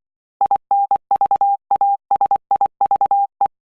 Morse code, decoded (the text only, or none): INVASIVE